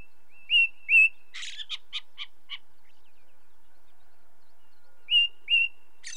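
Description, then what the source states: Ring ouzel piping notes in pairs at the start and end, with a rapid series of dry, chattering notes in between. Song; British Isles.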